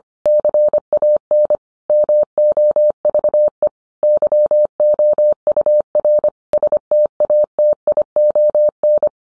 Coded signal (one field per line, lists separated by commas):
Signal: Morse code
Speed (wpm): 25 wpm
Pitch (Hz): 600 Hz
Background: none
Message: CAN MOVE YOUR STATION